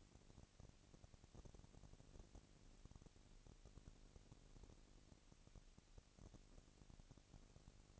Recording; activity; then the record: daily activity, microphone in the room; no activity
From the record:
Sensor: 4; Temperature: 22.4 degrees Celsius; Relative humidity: 31.9%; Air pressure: 998.0 hPa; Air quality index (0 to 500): 203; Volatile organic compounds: 17 ppm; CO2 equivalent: 2570 ppm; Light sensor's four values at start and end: 2/3/1/1 and 2/3/1/1